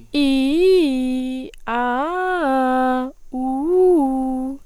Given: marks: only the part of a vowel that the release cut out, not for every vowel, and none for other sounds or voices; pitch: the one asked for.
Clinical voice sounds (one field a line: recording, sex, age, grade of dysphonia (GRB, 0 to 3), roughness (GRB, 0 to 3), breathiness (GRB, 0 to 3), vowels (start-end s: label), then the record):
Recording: sustained vowels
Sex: female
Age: 20 to 29 years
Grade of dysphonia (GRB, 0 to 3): 0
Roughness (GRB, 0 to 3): 0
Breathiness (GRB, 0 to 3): 0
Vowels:
0.24-1.34 s: vowel /i/, low-high-low pitch
1.79-2.97 s: vowel /a/, low-high-low pitch
3.45-4.45 s: vowel /u/, low-high-low pitch
From the record:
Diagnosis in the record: healthy voice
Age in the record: 20 years